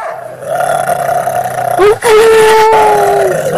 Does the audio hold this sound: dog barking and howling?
yes